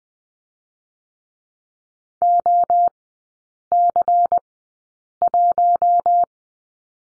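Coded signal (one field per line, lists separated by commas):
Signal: Morse code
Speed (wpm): 20 wpm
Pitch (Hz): 700 Hz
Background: none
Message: OC1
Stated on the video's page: Morse code course lesson on the letter U with three characters at Farnsworth speed 20/10 wpm.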